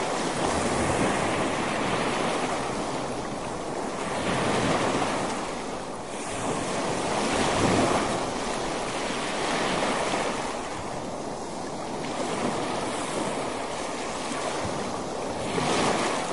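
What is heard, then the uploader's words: Sea waves wash in continuously, a dense, rushing roar that swells and eases roughly every two to four seconds, with louder surges near 1, 5, 8 and 16 seconds. Wind buffets the microphone underneath, adding a low rumble throughout. Fall A sleep fast relaxing Sea Waves Sound.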